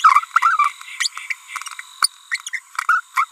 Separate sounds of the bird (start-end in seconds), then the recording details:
0.04-0.19, 0.36-0.38, 0.42-0.68, 1.00-1.07, 1.30-1.32, 2.00-2.07, 2.32-2.40, 2.46-2.49, 2.53-2.59, 3.16-3.25. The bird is a female. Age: 30 days. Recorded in a nest box in Venezuela. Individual 17B42B3